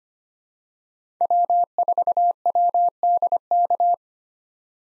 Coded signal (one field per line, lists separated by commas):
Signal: Morse code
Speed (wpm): 25 wpm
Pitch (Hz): 700 Hz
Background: none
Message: W4WDK